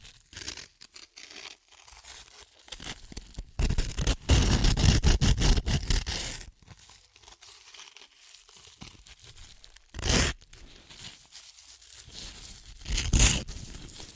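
Crunchy chips crackle and crinkle in irregular bursts, loudest between four and six seconds, with sharp crushing snaps near ten and thirteen seconds.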